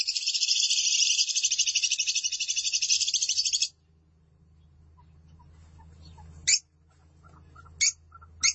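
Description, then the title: Lovebird song: dense buzzy chattering for nearly four seconds, followed by low background hum and three short sharp chirps. "BM Suara Burung Lovebird"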